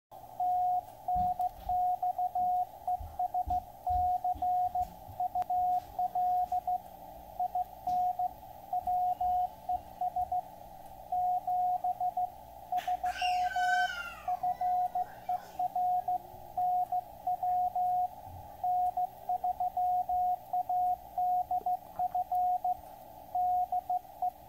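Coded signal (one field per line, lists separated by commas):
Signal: Morse code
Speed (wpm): 15 wpm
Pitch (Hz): 720 Hz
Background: radio noise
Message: TNX ES CUL IN WES 7 3 FER NW N3ADF DE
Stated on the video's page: Morse received on a KX3.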